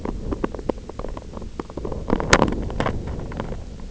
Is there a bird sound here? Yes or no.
no